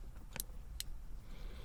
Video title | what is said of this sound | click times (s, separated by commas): Shifter plate cover removal & replace, more difficult than expected! Land Cruiser 100 Lexus LX470 | okay so you hear those two clicks now the pins are locked into place | 0.4 s, 0.8 s